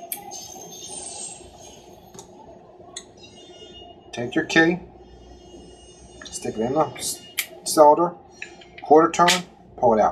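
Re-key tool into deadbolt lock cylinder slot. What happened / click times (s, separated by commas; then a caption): A small metal tool clicked into a lock slot / 0.1 s. A metal re-key tool is pushed into the slot of a deadbolt lock cylinder and seats with a sharp click at 0.1 s. Quieter clicks follow before someone talks. The tool is seated.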